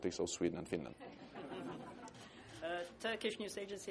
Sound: laughter